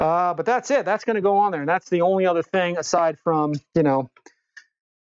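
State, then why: Seated. Someone talks for about four seconds while working on a Dynam 1500mm C-47 Skytrain RC model airplane. A small plastic part is then pressed down into its recess in the airframe, with a faint tick at 4.3 s and a sharper click at 4.6 s as it pops into place. The part is seated, though its fit is not perfect yet.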